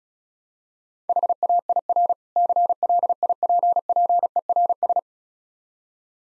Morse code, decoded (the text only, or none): HAIR CLIPPERS